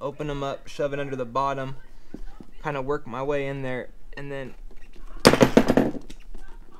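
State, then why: Partly seated. Someone talks while opening snap ring pliers under the bottom of a retail security tag on a shoe, working them in to pry the two halves apart around the tag's pin in its clutch housing. A sharp, loud snap at 5.3 s, followed by a few smaller cracks, pops the locking mechanism loose, but the tag is not off yet.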